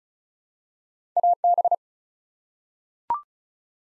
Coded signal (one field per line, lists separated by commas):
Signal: Morse code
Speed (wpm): 36 wpm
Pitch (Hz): 700 Hz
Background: none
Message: AB